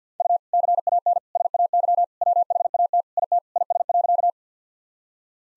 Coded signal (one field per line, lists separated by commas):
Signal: Morse code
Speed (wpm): 50 wpm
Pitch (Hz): 700 Hz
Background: none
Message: U CAN SAY WHAT IT IS.